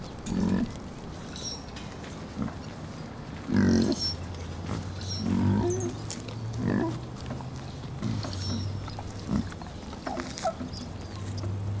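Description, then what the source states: Pig grunts, low rough bursts repeated irregularly, over a steady low hum with faint bird calls. Piglets, more than one, hanging out.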